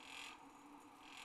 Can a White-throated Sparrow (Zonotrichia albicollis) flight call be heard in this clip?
no